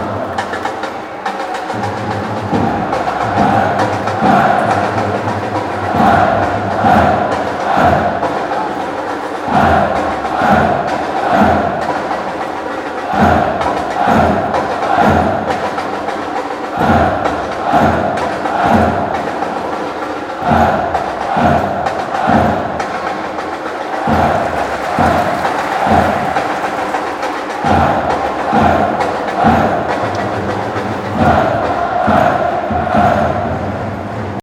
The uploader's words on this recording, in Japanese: J1第23節鹿島アントラーズvs大宮アルディージャ。県立カシマサッカースタジアム2Bゾーン鹿島サポーターよりの最上段付近。AGC：OFF、EXT MIC TYPE：STEREO、LOW CUT：ON、MIC GAIN：LOW。